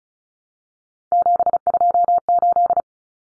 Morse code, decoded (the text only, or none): 728